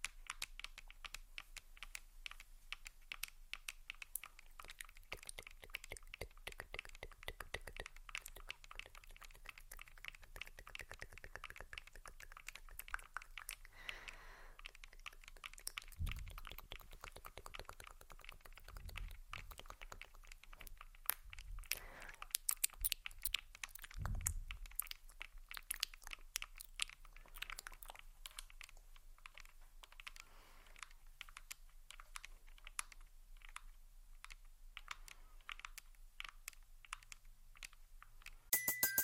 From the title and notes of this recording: ASMR Subtle Mouth Sounds + Tapping On Tascam.